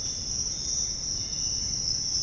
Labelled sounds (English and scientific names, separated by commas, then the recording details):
none
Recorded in dense forest near Puerto Asís, Putumayo, Colombia, on 22 June 2025 at 06:30
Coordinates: 0.481, -76.323
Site G072